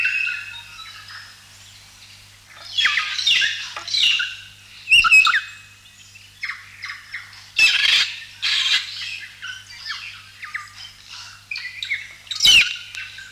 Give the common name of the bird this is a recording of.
Kākā